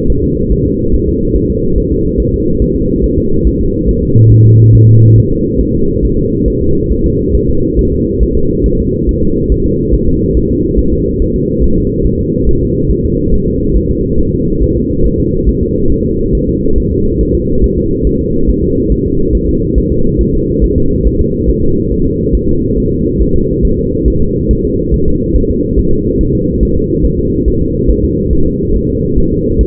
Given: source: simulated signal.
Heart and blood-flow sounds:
fetal heart sounds
0.10 s: S1
0.24 s: S2
0.52 s: S1
0.66 s: S2
0.95 s: S1
1.09 s: S2
1.36 s: S1
1.50 s: S2
1.78 s: S1
1.92 s: S2
2.20 s: S1
2.34 s: S2
2.62 s: S1
2.76 s: S2
3.04 s: S1
3.18 s: S2
3.47 s: S1
3.61 s: S2
3.89 s: S1
4.03 s: S2
4.32 s: S1
4.46 s: S2
4.75 s: S1
4.89 s: S2
5.18 s: S1
5.32 s: S2
5.61 s: S1
5.75 s: S2
6.05 s: S1
6.19 s: S2
6.48 s: S1
6.62 s: S2
6.92 s: S1
7.06 s: S2
7.35 s: S1
7.49 s: S2
7.79 s: S1
7.93 s: S2
8.23 s: S1
8.37 s: S2
8.66 s: S1
8.80 s: S2
9.09 s: S1
9.23 s: S2
9.52 s: S1
9.66 s: S2
9.94 s: S1
10.09 s: S2
10.37 s: S1
10.51 s: S2
10.79 s: S1
10.93 s: S2
11.22 s: S1
11.36 s: S2
11.64 s: S1
11.78 s: S2
12.07 s: S1
12.21 s: S2
12.49 s: S1
12.63 s: S2
12.91 s: S1
13.05 s: S2
13.34 s: S1
13.48 s: S2
13.77 s: S1
13.91 s: S2
14.20 s: S1
14.34 s: S2
14.62 s: S1
14.77 s: S2
15.05 s: S1
15.20 s: S2
15.49 s: S1
15.63 s: S2
15.92 s: S1
16.06 s: S2
16.35 s: S1
16.49 s: S2
16.78 s: S1
16.92 s: S2
17.21 s: S1
17.35 s: S2
17.64 s: S1
17.78 s: S2
18.07 s: S1
18.21 s: S2
18.50 s: S1
18.64 s: S2
18.92 s: S1
19.06 s: S2
19.35 s: S1
19.49 s: S2
19.78 s: S1
19.92 s: S2
20.21 s: S1
20.35 s: S2
20.64 s: S1
20.78 s: S2
21.07 s: S1
21.21 s: S2
21.50 s: S1
21.64 s: S2
21.92 s: S1
22.06 s: S2
22.35 s: S1
22.49 s: S2
22.78 s: S1
22.92 s: S2
23.22 s: S1
23.36 s: S2
23.65 s: S1
23.79 s: S2
24.08 s: S1
24.22 s: S2
24.51 s: S1
24.65 s: S2
24.94 s: S1
25.08 s: S2
25.36 s: S1
25.50 s: S2
25.79 s: S1
25.93 s: S2
26.21 s: S1
26.35 s: S2
26.63 s: S1
26.77 s: S2
27.05 s: S1
27.19 s: S2
27.48 s: S1
27.62 s: S2
27.91 s: S1
28.05 s: S2
28.33 s: S1
28.47 s: S2
28.76 s: S1
28.90 s: S2
29.18 s: S1
29.32 s: S2
29.61 s: S1
From the record:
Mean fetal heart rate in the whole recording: 140 bpm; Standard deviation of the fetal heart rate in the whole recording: 2 bpm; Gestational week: 34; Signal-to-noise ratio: -16.4 dB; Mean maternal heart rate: 72 bpm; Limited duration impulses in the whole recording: present

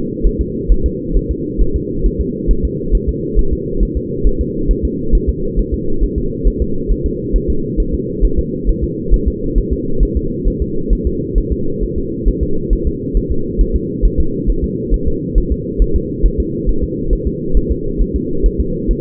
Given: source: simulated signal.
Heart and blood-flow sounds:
fetal heart sounds
0.26 s: S1
0.41 s: S2
0.72 s: S1
0.86 s: S2
1.17 s: S1
1.31 s: S2
1.61 s: S1
1.76 s: S2
2.06 s: S1
2.21 s: S2
2.51 s: S1
2.65 s: S2
2.95 s: S1
3.09 s: S2
3.39 s: S1
3.53 s: S2
3.83 s: S1
3.97 s: S2
4.27 s: S1
4.41 s: S2
4.71 s: S1
4.85 s: S2
5.15 s: S1
5.29 s: S2
5.59 s: S1
5.74 s: S2
6.03 s: S1
6.18 s: S2
6.47 s: S1
6.62 s: S2
6.91 s: S1
7.06 s: S2
7.36 s: S1
7.50 s: S2
7.80 s: S1
7.94 s: S2
8.25 s: S1
8.39 s: S2
8.69 s: S1
8.84 s: S2
9.14 s: S1
9.28 s: S2
9.58 s: S1
9.73 s: S2
10.03 s: S1
10.17 s: S2
10.48 s: S1
10.62 s: S2
10.93 s: S1
11.07 s: S2
11.38 s: S1
11.52 s: S2
11.83 s: S1
11.98 s: S2
12.28 s: S1
12.43 s: S2
12.73 s: S1
12.87 s: S2
13.17 s: S1
13.32 s: S2
13.61 s: S1
13.76 s: S2
14.05 s: S1
14.20 s: S2
14.50 s: S1
14.64 s: S2
14.94 s: S1
15.08 s: S2
15.38 s: S1
15.52 s: S2
15.82 s: S1
15.96 s: S2
16.25 s: S1
16.40 s: S2
16.69 s: S1
16.84 s: S2
17.13 s: S1
17.27 s: S2
17.57 s: S1
17.72 s: S2
18.01 s: S1
18.16 s: S2
18.46 s: S1
18.60 s: S2
18.91 s: S1
From the record:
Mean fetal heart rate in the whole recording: 135 bpm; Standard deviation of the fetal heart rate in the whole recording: 3 bpm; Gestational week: 36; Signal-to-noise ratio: -8.1 dB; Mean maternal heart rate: 72 bpm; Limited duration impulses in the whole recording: absent

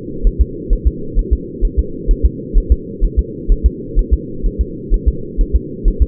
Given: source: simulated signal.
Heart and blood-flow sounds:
fetal heart sounds
0.27 s: S1
0.41 s: S2
0.73 s: S1
0.87 s: S2
1.19 s: S1
1.33 s: S2
1.65 s: S1
1.79 s: S2
2.11 s: S1
2.25 s: S2
2.58 s: S1
2.72 s: S2
3.05 s: S1
3.19 s: S2
3.52 s: S1
3.66 s: S2
3.99 s: S1
4.14 s: S2
4.46 s: S1
4.61 s: S2
4.94 s: S1
5.08 s: S2
5.41 s: S1
5.56 s: S2
5.88 s: S1
6.02 s: S2
From the record:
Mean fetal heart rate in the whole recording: 130 bpm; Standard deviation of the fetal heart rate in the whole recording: 4 bpm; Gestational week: 38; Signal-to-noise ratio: -4.3 dB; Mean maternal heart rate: 72 bpm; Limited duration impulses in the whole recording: present

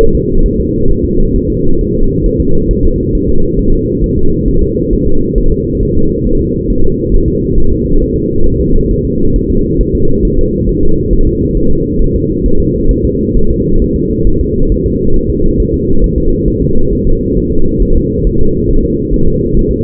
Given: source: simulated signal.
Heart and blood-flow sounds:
fetal heart sounds
0.01 s: S1
0.15 s: S2
0.46 s: S1
0.60 s: S2
0.91 s: S1
1.05 s: S2
1.36 s: S1
1.50 s: S2
1.81 s: S1
1.95 s: S2
2.26 s: S1
2.40 s: S2
2.71 s: S1
2.85 s: S2
3.15 s: S1
3.29 s: S2
3.59 s: S1
3.73 s: S2
4.04 s: S1
4.18 s: S2
4.48 s: S1
4.62 s: S2
4.93 s: S1
5.07 s: S2
5.38 s: S1
5.52 s: S2
5.83 s: S1
5.97 s: S2
6.27 s: S1
6.41 s: S2
6.70 s: S1
6.84 s: S2
7.14 s: S1
7.28 s: S2
7.58 s: S1
7.72 s: S2
8.02 s: S1
8.16 s: S2
8.46 s: S1
8.60 s: S2
8.91 s: S1
9.05 s: S2
9.36 s: S1
9.50 s: S2
9.81 s: S1
9.95 s: S2
10.25 s: S1
10.39 s: S2
10.69 s: S1
10.83 s: S2
11.13 s: S1
11.27 s: S2
11.57 s: S1
11.71 s: S2
12.02 s: S1
12.16 s: S2
12.46 s: S1
12.60 s: S2
12.91 s: S1
13.05 s: S2
13.36 s: S1
13.50 s: S2
13.82 s: S1
13.96 s: S2
14.27 s: S1
14.41 s: S2
14.72 s: S1
14.86 s: S2
15.16 s: S1
15.30 s: S2
15.60 s: S1
15.74 s: S2
16.04 s: S1
16.18 s: S2
16.48 s: S1
16.62 s: S2
16.93 s: S1
17.07 s: S2
17.38 s: S1
17.52 s: S2
17.82 s: S1
17.96 s: S2
18.27 s: S1
18.41 s: S2
18.70 s: S1
18.84 s: S2
19.14 s: S1
19.28 s: S2
19.57 s: S1
19.71 s: S2
From the record:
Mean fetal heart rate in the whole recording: 135 bpm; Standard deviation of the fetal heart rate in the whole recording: 3 bpm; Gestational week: 36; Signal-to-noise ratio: -19.1 dB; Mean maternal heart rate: 72 bpm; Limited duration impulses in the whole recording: present

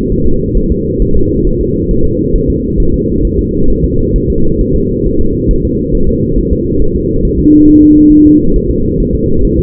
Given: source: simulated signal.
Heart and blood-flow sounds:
fetal heart sounds
0.12 s: S1
0.26 s: S2
0.57 s: S1
0.72 s: S2
1.02 s: S1
1.17 s: S2
1.47 s: S1
1.61 s: S2
1.91 s: S1
2.06 s: S2
2.35 s: S1
2.50 s: S2
2.80 s: S1
2.94 s: S2
3.25 s: S1
3.39 s: S2
3.70 s: S1
3.84 s: S2
4.16 s: S1
4.30 s: S2
4.61 s: S1
4.75 s: S2
5.06 s: S1
5.21 s: S2
5.51 s: S1
5.65 s: S2
5.95 s: S1
6.09 s: S2
6.38 s: S1
6.53 s: S2
6.82 s: S1
6.96 s: S2
7.25 s: S1
7.40 s: S2
7.69 s: S1
7.83 s: S2
8.12 s: S1
8.27 s: S2
8.56 s: S1
8.70 s: S2
9.00 s: S1
9.15 s: S2
9.45 s: S1
9.59 s: S2
From the record:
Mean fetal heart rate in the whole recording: 135 bpm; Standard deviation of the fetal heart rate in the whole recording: 3 bpm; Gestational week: 36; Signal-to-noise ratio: -17.7 dB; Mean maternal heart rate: 72 bpm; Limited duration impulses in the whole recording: present

